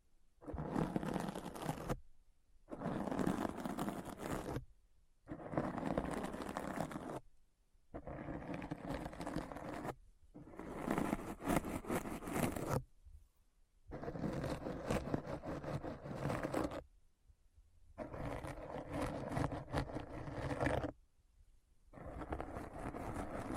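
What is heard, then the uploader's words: Scratching in repeated bursts about two seconds long, each followed by a brief silence, keeping a steady rhythm across the whole clip. Every burst is a dense, rough scraping that runs from a low rumble up to bright, crackly edges, with nothing else between strokes. ASMR Deep Brain Scratch (No Talking).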